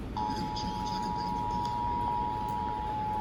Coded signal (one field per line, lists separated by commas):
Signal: Emergency Alert System (SAME) tones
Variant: 853 and 960 Hz attention tone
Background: speech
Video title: This is Not Slight (EAS# 100-120) [Re-Uploaded]